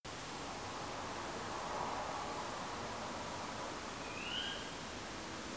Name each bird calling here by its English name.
Tawny Owl